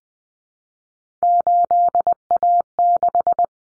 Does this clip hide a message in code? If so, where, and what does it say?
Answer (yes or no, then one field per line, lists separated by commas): yes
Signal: Morse code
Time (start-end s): 1.2-3.4 s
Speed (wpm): 20 wpm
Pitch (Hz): 700 Hz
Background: none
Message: 8A6